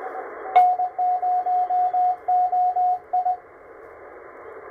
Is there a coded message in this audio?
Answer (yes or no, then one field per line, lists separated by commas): yes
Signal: Morse code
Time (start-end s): 0.6-3.3 s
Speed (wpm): 20 wpm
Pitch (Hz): 730 Hz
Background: radio noise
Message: N0OI